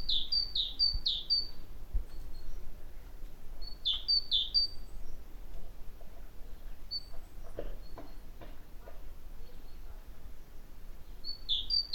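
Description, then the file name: Great tit calls, a quick series of bright high chirps at the start, repeated around four seconds and again at the end, with steady low background rumble. "Parus major"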